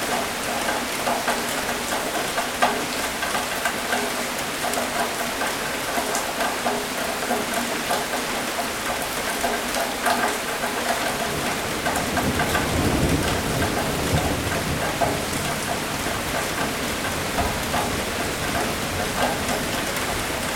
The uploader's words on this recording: Rainy weather sound. The sound of rain with the occasional rumble of thunder in the background with the sound of drops hitting the gutter.